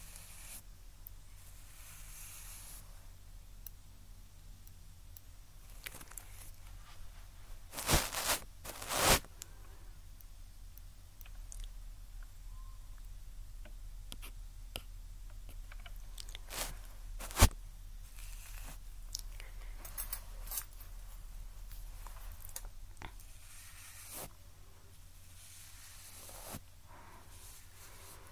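Ear cleaning with soft scratchy brushing and picking sounds over a low steady hum, with sharp crackling bursts near eight and seventeen seconds.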